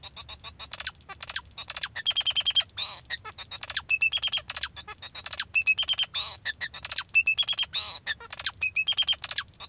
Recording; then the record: song of a male Bengalese finch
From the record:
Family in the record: father 2